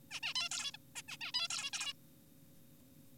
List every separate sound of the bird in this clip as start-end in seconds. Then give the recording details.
0.11-0.20, 0.23-0.34, 0.35-0.49, 0.51-0.71, 0.74-0.77, 0.96-1.02, 1.09-1.17, 1.21-1.32, 1.34-1.48, 1.50-1.70, 1.73-1.93. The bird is an adult. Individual g4p5U